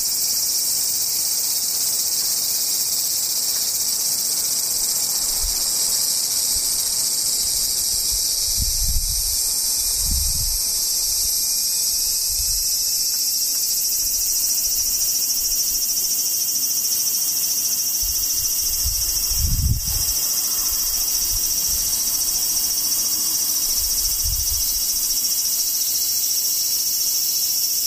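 Cicadas drone without a break, a dense, steady high buzz that fills the whole clip with only slight wavering. Low thuds or rumbles break in now and then, around 9, 10, 20 and 24 seconds, with fainter ones near 5 and 12.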